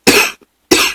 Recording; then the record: coughing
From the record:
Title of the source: 64 coughing, allergies, singing lungs